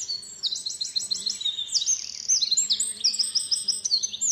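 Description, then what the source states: Eurasian wren song: a loud, fast stream of high trills and sharp repeated notes running continuously for over four seconds, with a faint low hum behind. A listener's request; has strong legs and struggles to escape during ringing.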